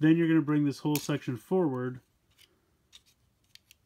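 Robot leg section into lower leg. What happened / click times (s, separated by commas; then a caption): Handled, not yet seated: plastic section moved, no seating snap yet / none. Someone talks for about two seconds while handling a plastic toy robot, bringing a whole leg section forward toward the lower leg. After the talking, only a few faint, short ticks are heard, near 3.0, 3.6 and 3.7 seconds. Nothing has seated or clicked into place yet.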